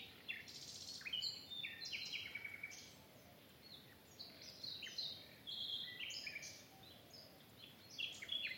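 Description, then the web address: Bird song, a busy run of high chirps and short trills, several phrases overlapping, with a continuous low hiss behind. "cianscape birddata Deverinetal Bird Only Lu Me"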